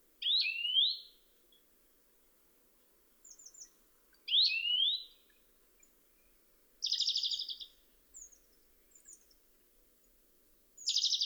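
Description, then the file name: European greenfinch calls: two nasal wheezes followed by buzzy trilled notes, with brief faint chirps between, otherwise quiet. "Chloris chloris"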